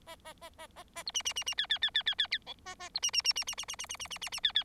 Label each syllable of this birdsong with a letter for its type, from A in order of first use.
A A A A A A B C C C C D D D D D D D E A A B C C C C C C C C C C C C C D D